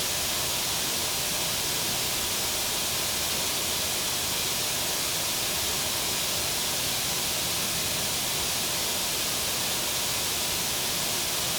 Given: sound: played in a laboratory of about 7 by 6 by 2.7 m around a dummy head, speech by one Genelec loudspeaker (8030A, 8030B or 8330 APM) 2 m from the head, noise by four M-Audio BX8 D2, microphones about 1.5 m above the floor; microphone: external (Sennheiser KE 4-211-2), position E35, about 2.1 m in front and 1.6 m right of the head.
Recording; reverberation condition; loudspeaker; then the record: white noise; medium; four, about 170 cm from the corners of the room and facing them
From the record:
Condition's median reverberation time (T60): about 510 ms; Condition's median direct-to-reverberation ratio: about -0.5 dB